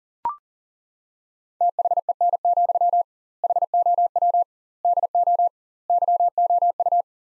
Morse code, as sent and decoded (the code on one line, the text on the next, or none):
- .... . -. --..-- / .... --- .-- / -.. --- / -.-- --- ..-
THEN, HOW DO YOU